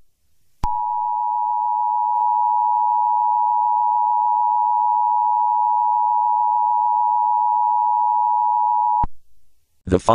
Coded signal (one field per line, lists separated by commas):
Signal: Emergency Alert System (SAME) tones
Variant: 853 and 960 Hz attention tone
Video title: eas scenario catemojibabyheat part 17